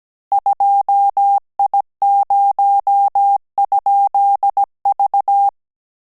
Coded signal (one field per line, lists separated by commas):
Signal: Morse code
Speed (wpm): 17 wpm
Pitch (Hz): 800 Hz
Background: none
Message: 2I0?V